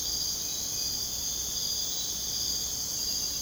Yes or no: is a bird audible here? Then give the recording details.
no. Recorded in dense forest near Puerto Asís, Putumayo, Colombia, on 22 June 2025 at 01:00. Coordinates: 0.486, -76.317. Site G065